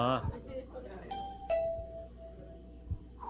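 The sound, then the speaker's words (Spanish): A doorbell at the varnished mahogany door of an upscale house chimes in two tones, a ding followed by a longer, ringing dong that slowly fades, after a brief burst of voice at the start and faint background murmur. “Y ahí está el timbre, mira.”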